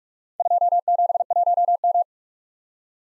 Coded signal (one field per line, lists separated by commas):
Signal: Morse code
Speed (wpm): 44 wpm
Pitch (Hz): 700 Hz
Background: none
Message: 271M